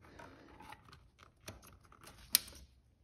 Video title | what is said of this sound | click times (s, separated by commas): 2008-2010 Kawasaki ZX10R Spark plug replacement EASIEST way | heard it click | 2.4 s